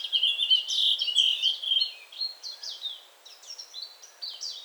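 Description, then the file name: Blue-and-white flycatcher giving a quick stream of high, sweet chirped and whistled notes, slowing into spaced short phrases toward the end. "sikatan bakung"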